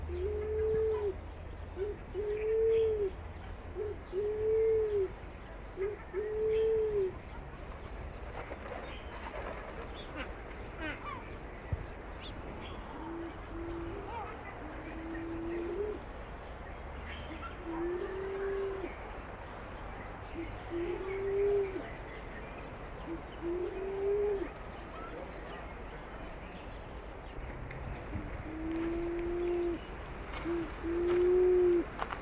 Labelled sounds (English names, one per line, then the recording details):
Pink Pigeon call
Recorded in captivity
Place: Zoo Jersey, GB
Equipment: Halbspur, 9,5 cm/s
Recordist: Lütgens, Hans